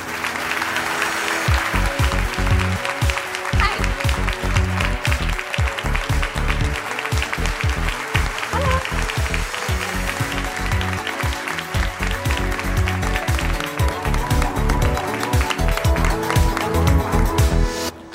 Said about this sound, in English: To help sort out that thorny problem, I'd like to invite our three featured guests to join me on stage. And a round of applause for our guests as they come up.